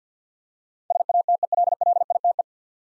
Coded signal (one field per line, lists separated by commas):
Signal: Morse code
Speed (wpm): 47 wpm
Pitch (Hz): 700 Hz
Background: none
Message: SATELLITE